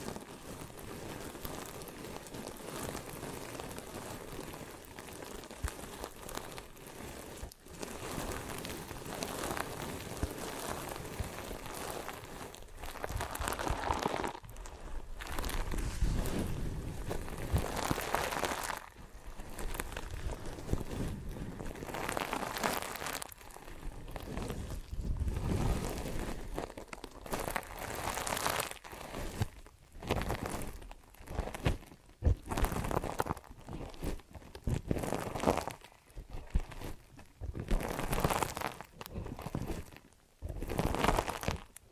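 Ear and scalp massage with dense rustling, crinkling and crunching, steady at first, then broken into louder bursts and brief pauses toward the end.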